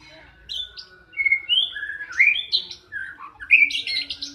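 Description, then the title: Oriental magpie-robin song, a varied run of clear whistles and slurred notes that climb and dip, ending in higher buzzy chirps, over a faint low hum. "kacer"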